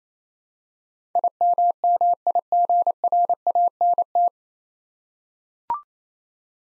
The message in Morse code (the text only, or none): IMMIGRANT